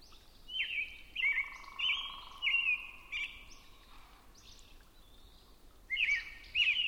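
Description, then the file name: Robin song: a string of short, carolling whistled phrases, each slurring up and down, given about every half second, a pause, then two more phrases; a steady low tone partway through. Recorded at 6 am on 20 June 2005. "jh-050620-6 am-robin"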